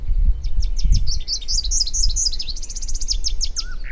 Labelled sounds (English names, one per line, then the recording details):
Rufous-capped Warbler song
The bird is a male
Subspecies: rufifrons
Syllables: 29
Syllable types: 7
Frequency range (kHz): 2.3-8.6 kHz
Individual UJ-BYS-M